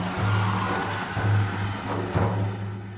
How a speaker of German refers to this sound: Mit einem Mal liefen alle auseinander. Drei Männer sprangen in unseren Wagen und rasten davon.